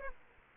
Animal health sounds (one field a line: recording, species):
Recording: mosquito wingbeat signal from an infrared sensor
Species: Aedes aegypti